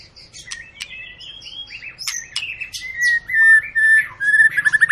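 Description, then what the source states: White-rumped shama song, a rich stream of whistles and chatter that grows louder, ending in quick repeated notes, with faint low hum behind. Long lure song of a White-rumped shama in full song, used to make birds sing.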